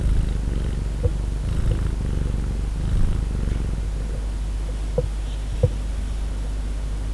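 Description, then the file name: Cat purring in a continuous low rumble, with a few soft clicks and small noises scattered through it. Domestic cat purring, recorded 23 February 2011. "Purring Domestic Cat Donna 20110223"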